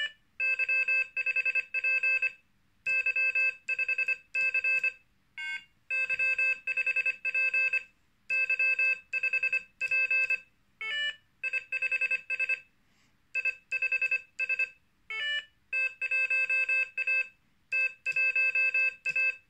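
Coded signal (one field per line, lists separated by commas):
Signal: Morse code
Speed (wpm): 25 wpm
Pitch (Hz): 2600 Hz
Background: none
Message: Y5P Y5C Y5P Y5P I5S I5S T1A T1A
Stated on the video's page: Morse generated by a Morserino-32 in echo trainer mode.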